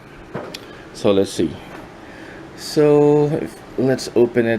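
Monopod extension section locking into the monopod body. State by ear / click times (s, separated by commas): not seated / none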